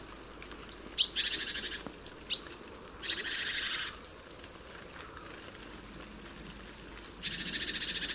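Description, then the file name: Great tit calls: thin high whistled notes, each followed by a harsh buzzy churring burst, repeated at irregular intervals, with a longer buzzy rattle near the end. "Parus major"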